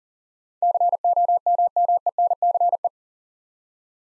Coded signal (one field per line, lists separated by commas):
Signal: Morse code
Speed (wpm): 40 wpm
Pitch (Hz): 700 Hz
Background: none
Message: COMMENCE